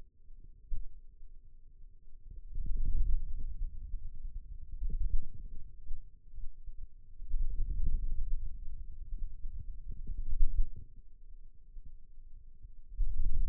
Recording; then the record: forearm muscle sounds (acoustic myography)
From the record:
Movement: wrist flexion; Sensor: system 2, bracelet of six BSWA MPA416 microphones around the upper forearm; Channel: 4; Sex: male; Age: 22 years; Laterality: right